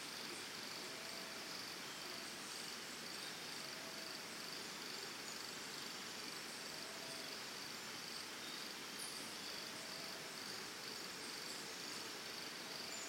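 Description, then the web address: Crickets keep up an unbroken high-pitched trill throughout, with faint bird chips above. Early morning in Costa Rica, forest and jungle ambience. "Big Room Sound Birds Crickets Costa Rica"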